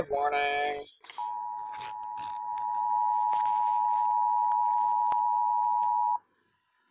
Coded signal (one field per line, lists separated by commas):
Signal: Emergency Alert System (SAME) tones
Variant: 853 and 960 Hz attention tone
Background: speech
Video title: EAS 315 FLW Monroe MS